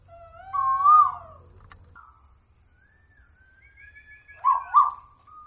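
Bird song: a rich, wavering whistle with harmonics near one second, a quiet gap with a faint slurred note, then a louder buzzy burst and an even whistle.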